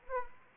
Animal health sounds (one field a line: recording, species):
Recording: mosquito wingbeat signal from an infrared sensor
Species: Anopheles arabiensis